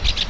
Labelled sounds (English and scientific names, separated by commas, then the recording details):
Brown-throated Parakeet (Eupsittula pertinax) contact call
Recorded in Venezuela
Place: PN Cerro Saroche, Tierras del Sr. Polo, Edo. Lara
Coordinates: 10.171, -69.518